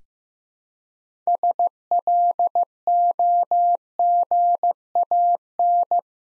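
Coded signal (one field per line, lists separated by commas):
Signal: Morse code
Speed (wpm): 15 wpm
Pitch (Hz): 700 Hz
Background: none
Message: SLOGAN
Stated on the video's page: Practice drill of 6-letter words at 15 wpm; first letters spoken, word sent in Morse, spoken, then sent again.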